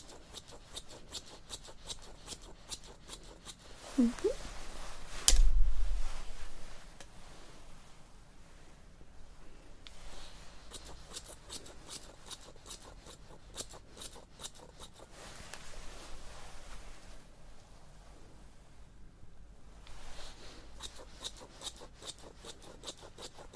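Hair salon sounds, with scissors snipping in quick, irregular runs of crisp clicks across the clip. Around four to six seconds a louder burst stands out, with a short rising tone and a sharp knock. Soft rubbing and faint murmured voices continue underneath.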